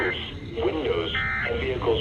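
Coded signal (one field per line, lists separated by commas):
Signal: Emergency Alert System (SAME) tones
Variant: end-of-message bursts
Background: speech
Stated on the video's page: Real EAS alerts received from several stations over two days, including new stations and clear reception of alerts from Lake Charles.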